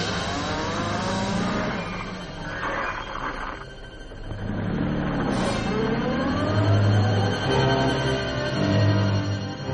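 A car engine runs steadily, then revs up with its pitch climbing as the vehicle accelerates away, the low rumble growing louder toward the end.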